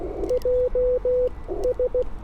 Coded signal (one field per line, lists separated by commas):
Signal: Morse code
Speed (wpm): 16 wpm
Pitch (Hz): 500 Hz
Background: radio noise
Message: JS